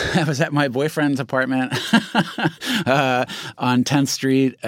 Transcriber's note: laughter